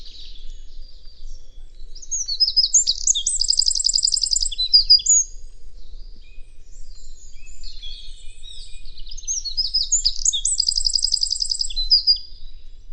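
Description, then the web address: Bird giving two high, buzzy trilled phrases with rapid repeated notes, the first around three seconds in and the second near ten seconds, separated by quieter chirps. "cianscape birddata Deverinetal 2025"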